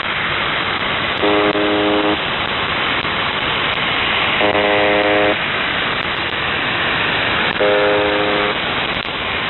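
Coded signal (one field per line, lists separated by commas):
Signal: channel marker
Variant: UVB-76 (The Buzzer)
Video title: The Buzzer/UVB-76(4625Khz) February 20th 2022 Voice messages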